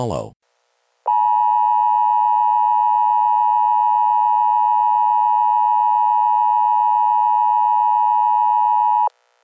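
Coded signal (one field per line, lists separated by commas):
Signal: Emergency Alert System (SAME) tones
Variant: 853 and 960 Hz attention tone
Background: speech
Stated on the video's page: Mock-up emergency alert for a fictional scenario.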